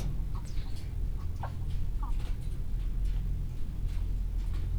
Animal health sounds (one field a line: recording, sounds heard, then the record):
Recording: poultry house recording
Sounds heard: sick chickens (respiratory disease)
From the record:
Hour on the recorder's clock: 15